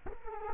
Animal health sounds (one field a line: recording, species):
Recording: mosquito wingbeat signal from an infrared sensor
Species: Culex quinquefasciatus